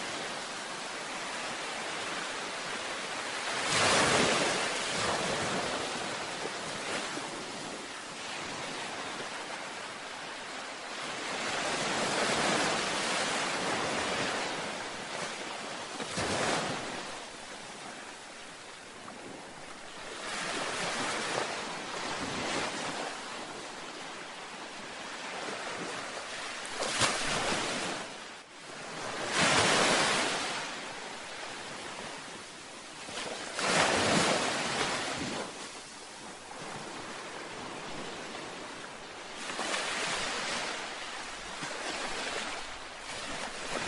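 Ocean waves wash in over a constant hiss of surf, with louder surges near 4, 12, 16, 27, 29, 34 and 40 seconds. The sound is dense and even across lows and highs, with the swells rising and easing every few seconds.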